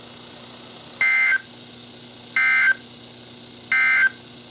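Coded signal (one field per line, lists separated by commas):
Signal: Emergency Alert System (SAME) tones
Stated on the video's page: NOAA weather radio stations KHB36 (162.550) and WNG736 (162.450) received indoors without an external antenna; reception somewhat acceptable, on various weather radio receivers.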